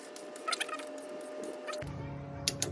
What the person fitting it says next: Right there, you heard that click?